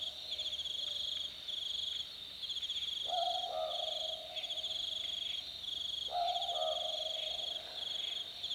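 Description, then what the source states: Southern boobook: owl-like low double hoots repeated twice, three seconds apart, half-buried in hiss and a loud pulsing insect chorus. Recorded on a summer night, 17 February 2014, at 22:18:42.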